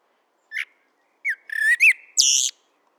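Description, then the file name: Eurasian blackbird giving a short song phrase: a soft opening note, then slurred warbling whistles and a harsh high squeaky ending. "Turdus merula"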